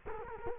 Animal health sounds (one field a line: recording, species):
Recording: mosquito wingbeat signal from an infrared sensor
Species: Culex quinquefasciatus